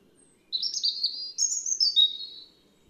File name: Erithacus rubecula